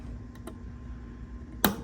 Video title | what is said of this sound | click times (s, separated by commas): Two HOT Xbox series S! (The journey continues!) | they just snap in place. | 1.7 s